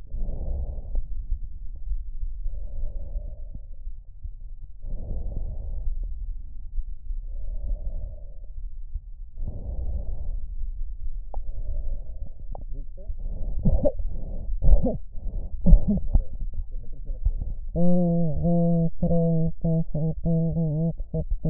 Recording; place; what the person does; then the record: lung sounds by stethoscope; right anterior apical chest; quiet breathing, then cough and speech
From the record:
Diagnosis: interstitial lung disease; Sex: female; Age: 72 years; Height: 158 cm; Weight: 69 kg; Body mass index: 27.6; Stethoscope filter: extended mode